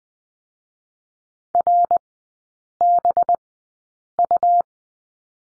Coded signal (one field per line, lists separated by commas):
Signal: Morse code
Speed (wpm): 20 wpm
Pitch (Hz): 700 Hz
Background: none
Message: RBU